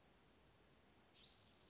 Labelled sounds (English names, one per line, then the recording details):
Western Flycatcher
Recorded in Sonoma County, California